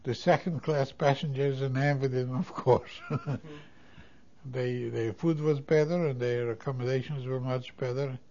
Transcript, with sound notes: second class passengers and envy them, of course. ( he laughs ) Their food was better, their accommodations were much better.